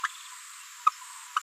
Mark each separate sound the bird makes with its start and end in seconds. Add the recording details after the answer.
0.03-0.08, 0.86-0.91, 1.36-1.40. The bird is a female. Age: 29 days. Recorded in a nest box in Venezuela. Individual 17B73B3